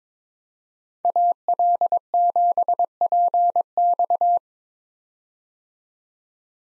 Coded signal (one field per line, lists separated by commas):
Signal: Morse code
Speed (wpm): 22 wpm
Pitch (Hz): 700 Hz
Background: none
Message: AL7PX